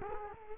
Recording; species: mosquito wingbeat signal from an infrared sensor; Culex quinquefasciatus